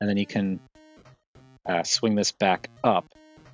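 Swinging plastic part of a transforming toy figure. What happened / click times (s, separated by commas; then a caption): The plastic toy part is being moved but has not clicked into place yet / none. A plastic part of a transforming toy figure is being handled and swung back up while someone talks over background music. The clip ends before the part goes home, so nothing has seated or clicked yet.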